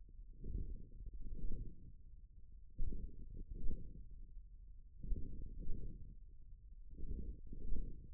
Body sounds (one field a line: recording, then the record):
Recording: forearm muscle sounds (acoustic myography)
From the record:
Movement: hand closing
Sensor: system 1, eight BSWA MPA416 microphones around the upper forearm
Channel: 6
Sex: male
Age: 41 years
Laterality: right